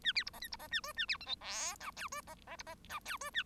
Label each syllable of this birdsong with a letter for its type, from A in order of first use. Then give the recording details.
A B C D E C D A F A B G H I J K F D D C D J K F A. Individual Bird1